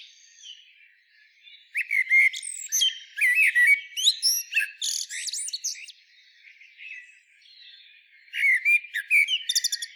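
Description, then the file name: Common blackbird twittering in loud, varied squeaky phrases with sharp high chirps, pausing briefly before a final burst of rapid notes. "Turdus merula"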